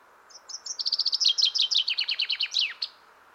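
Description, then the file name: Common chaffinch delivering a single song phrase, starting with high separate notes that accelerate into a tumbling, descending run and finish with a short emphatic flourish. "Fringilla coelebs"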